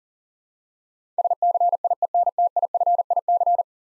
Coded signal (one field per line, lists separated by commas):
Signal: Morse code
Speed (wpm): 38 wpm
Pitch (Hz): 700 Hz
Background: none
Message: SCIENTIFIC